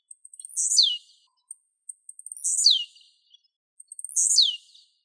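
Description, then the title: Bird singing a phrase of short ticks and very high thin notes that end in a sweeping downward slur, heard three times in close succession. "LuckyPassaros CompletosSama"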